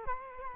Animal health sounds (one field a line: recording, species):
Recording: mosquito wingbeat signal from an infrared sensor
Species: Culex quinquefasciatus